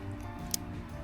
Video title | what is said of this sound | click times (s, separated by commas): Stradic FJ 3000 reassembly | There we go. Clicked into place. | 0.5 s